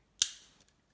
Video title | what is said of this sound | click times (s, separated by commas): The Oomph - World's Most Advanced Portable Coffee Maker | And as you can hear, it clicks real tight. | 0.2 s